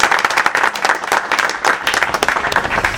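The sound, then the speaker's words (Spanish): An audience at a band press conference applauds steadily, with many hands clapping in a dense, crackling wash that stays loud and even throughout, no voices standing out. “Un aplauso para Gaby Jurado, por favor.”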